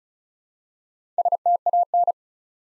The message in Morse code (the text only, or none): STAN